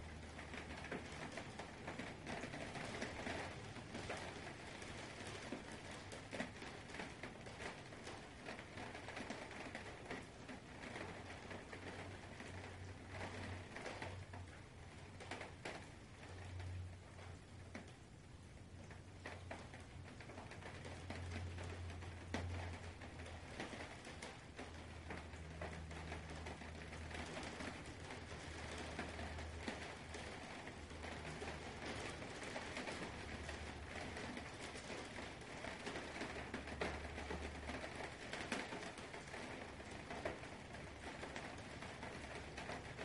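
Steady, dense rain patters while low, drawn-out rumbles of distant thunder roll underneath, swelling most between about ten and twenty-seven seconds.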